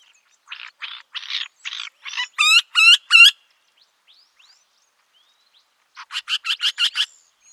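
Eurasian wryneck giving a series of nasal, ringing notes, roughly three per second, rising in strength, then a second run of several notes after a pause.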